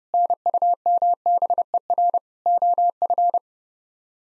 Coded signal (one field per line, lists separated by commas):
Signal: Morse code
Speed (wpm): 30 wpm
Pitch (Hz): 700 Hz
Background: none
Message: NUMBER OF